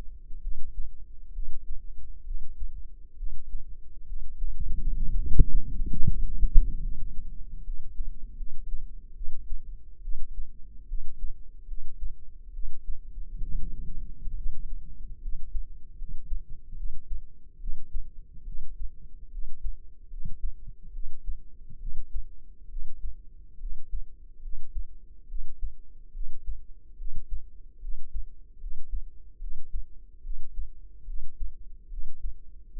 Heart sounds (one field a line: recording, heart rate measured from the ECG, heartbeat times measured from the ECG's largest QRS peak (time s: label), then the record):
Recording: heart sounds by microphone in the left ear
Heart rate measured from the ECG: 71 bpm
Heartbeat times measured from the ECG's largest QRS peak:
0.40 s: heartbeat
1.31 s: heartbeat
2.23 s: heartbeat
3.15 s: heartbeat
4.05 s: heartbeat
4.94 s: heartbeat
5.90 s: heartbeat
6.79 s: heartbeat
7.62 s: heartbeat
8.35 s: heartbeat
9.13 s: heartbeat
10.00 s: heartbeat
10.86 s: heartbeat
11.65 s: heartbeat
12.51 s: heartbeat
13.41 s: heartbeat
14.35 s: heartbeat
15.20 s: heartbeat
15.96 s: heartbeat
16.75 s: heartbeat
17.58 s: heartbeat
18.44 s: heartbeat
19.29 s: heartbeat
20.08 s: heartbeat
20.91 s: heartbeat
21.78 s: heartbeat
22.67 s: heartbeat
23.57 s: heartbeat
24.40 s: heartbeat
25.26 s: heartbeat
26.11 s: heartbeat
26.96 s: heartbeat
27.79 s: heartbeat
28.58 s: heartbeat
29.38 s: heartbeat
30.21 s: heartbeat
31.04 s: heartbeat
31.88 s: heartbeat
32.71 s: heartbeat
From the record:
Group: healthy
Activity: Valsalva maneuver 0-8 s, rest 8-33 s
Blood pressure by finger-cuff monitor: 116/75 mmHg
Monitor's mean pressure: 88 mmHg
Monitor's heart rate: 69 bpm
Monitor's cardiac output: 5.4 L/min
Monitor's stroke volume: 79 mL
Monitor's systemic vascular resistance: 1190 dyn s/cm5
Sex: female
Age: 22 years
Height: 160 cm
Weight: 45 kg